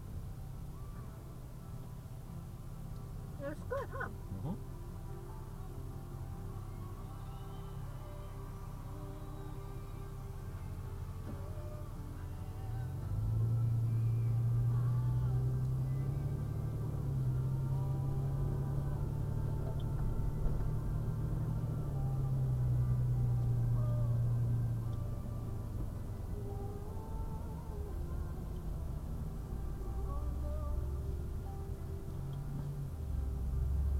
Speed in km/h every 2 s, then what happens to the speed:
3, 0, 0, 0, 0, 0, 5, 15, 18, 23, 29, 31, 32, 31, 27, 19, 16.
1-11 standing. 11-22 pulls away to 31. 26-34 slows to 16.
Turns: none.